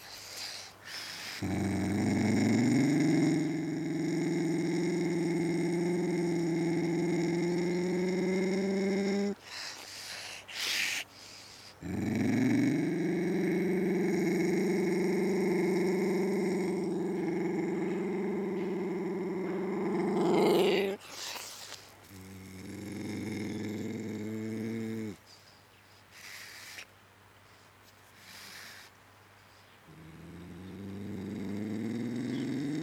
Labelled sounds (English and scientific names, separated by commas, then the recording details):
Ocelot (Leopardus pardalis)
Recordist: Tembrock, Günter